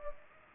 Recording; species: mosquito wingbeat signal from an infrared sensor; Culex pipiens